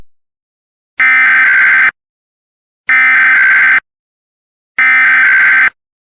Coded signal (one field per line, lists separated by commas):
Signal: Emergency Alert System (SAME) tones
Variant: header bursts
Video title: EAS Mock: National Periodic Test